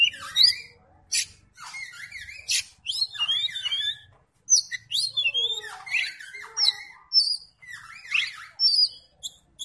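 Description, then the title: Oriental magpie-robin song with energetic, varied phrases of whistles, buzzy trills and sharp notes, with a faint low rumble early on. "Kacer"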